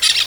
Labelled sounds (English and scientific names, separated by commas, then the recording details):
Brown-throated Parakeet (Eupsittula pertinax) contact call
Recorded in Venezuela
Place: Guárico; Corozopando; Fundo La Fe
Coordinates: 8.506, -67.593